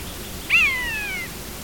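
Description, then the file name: Common buzzard with one clear, plaintive mew that starts high and glides steadily downward, lasting under a second. "Poiana"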